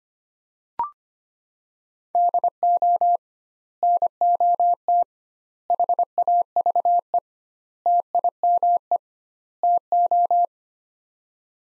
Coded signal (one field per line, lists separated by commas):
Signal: Morse code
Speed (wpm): 25 wpm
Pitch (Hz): 700 Hz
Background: none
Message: DO NOT HAVE TIME TO